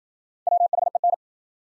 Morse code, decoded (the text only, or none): WHEN